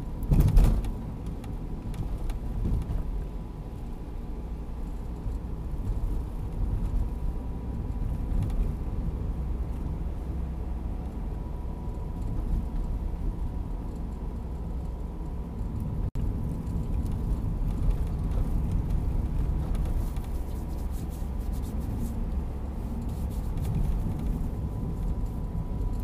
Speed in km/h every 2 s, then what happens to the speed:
42, 43, 44, 45, 47, 47, 46, 45, 46, 47, 50, 50, 47.
0-26 steady at about 46.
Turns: none.